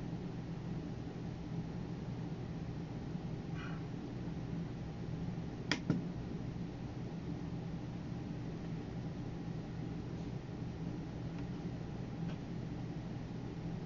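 Computer work: a steady, low hum runs through the whole clip without change. Around the six-second mark two sharp clicks stand out, and a few faint taps surface near four, ten, eleven and twelve seconds.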